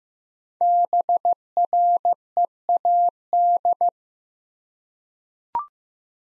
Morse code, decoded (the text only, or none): BREAD